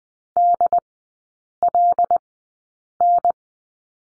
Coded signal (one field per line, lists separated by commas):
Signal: Morse code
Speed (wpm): 20 wpm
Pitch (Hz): 700 Hz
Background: none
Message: DLN